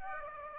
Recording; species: mosquito wingbeat signal from an infrared sensor; Aedes aegypti